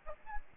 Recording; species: mosquito wingbeat signal from an infrared sensor; Aedes albopictus